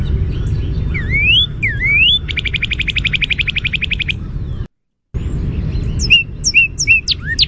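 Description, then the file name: Northern cardinal song: two clear upslurred whistles, then a fast, even trill of short notes, followed after a brief gap by a series of sharp downslurred chips; low rumble underneath. "NOCA song"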